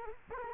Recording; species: mosquito wingbeat signal from an infrared sensor; Culex quinquefasciatus